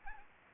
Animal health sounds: mosquito wingbeat signal from an infrared sensor; Anopheles gambiae

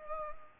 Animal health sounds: mosquito wingbeat signal from an infrared sensor; Culex pipiens

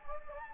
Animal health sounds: mosquito wingbeat signal from an infrared sensor; Anopheles gambiae

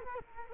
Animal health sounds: mosquito wingbeat signal from an infrared sensor; Culex quinquefasciatus

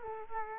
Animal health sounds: mosquito wingbeat signal from an infrared sensor; Culex quinquefasciatus

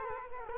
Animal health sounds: mosquito wingbeat signal from an infrared sensor; Culex quinquefasciatus

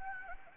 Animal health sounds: mosquito wingbeat signal from an infrared sensor; Anopheles gambiae

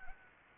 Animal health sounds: mosquito wingbeat signal from an infrared sensor; Anopheles arabiensis

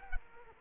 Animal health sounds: mosquito wingbeat signal from an infrared sensor; Culex quinquefasciatus

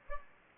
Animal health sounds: mosquito wingbeat signal from an infrared sensor; Anopheles gambiae

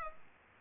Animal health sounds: mosquito wingbeat signal from an infrared sensor; Culex pipiens

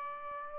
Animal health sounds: mosquito wingbeat signal from an infrared sensor; Aedes albopictus

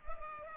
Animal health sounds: mosquito wingbeat signal from an infrared sensor; Culex pipiens

